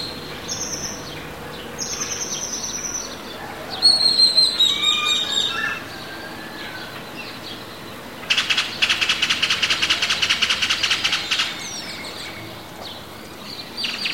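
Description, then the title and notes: Great-tailed grackles calling: clear whistled notes sliding down, then a falling harmonic whistle, followed by a long harsh rattling burst of rapid clicks; other bird chatter beneath. Recorded in the morning just as the sun rises and activity begins, San Cristóbal de Las Casas, Chiapas, May 2021. "Zanates grabados por la mañana en San Cristóbal de Las Casas, Chiapas"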